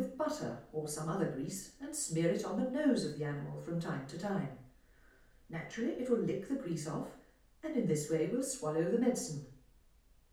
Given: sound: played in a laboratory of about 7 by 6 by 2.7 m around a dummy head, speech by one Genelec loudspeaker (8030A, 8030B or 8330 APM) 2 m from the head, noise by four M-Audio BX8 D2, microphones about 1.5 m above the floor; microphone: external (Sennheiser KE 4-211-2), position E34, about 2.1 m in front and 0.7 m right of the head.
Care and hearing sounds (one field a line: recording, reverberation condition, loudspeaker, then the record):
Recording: female speech in English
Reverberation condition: medium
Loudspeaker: 90 degrees to the left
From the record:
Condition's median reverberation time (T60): about 510 ms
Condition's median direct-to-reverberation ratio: about -0.5 dB